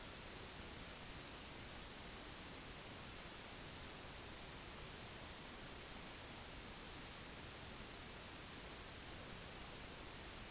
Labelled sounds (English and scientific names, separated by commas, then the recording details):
none
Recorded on Arctic tundra, site NAIT-1, on 30 June 2019
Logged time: 06:00